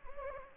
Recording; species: mosquito wingbeat signal from an infrared sensor; Anopheles gambiae